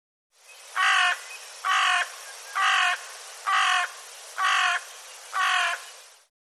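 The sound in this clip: Bird giving six harsh, evenly spaced cawing calls, each about a third of a second long, against a clean background.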